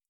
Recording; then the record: hydrophone in a shrimp aquaculture tank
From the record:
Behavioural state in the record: feeding